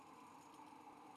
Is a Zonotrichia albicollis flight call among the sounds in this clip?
no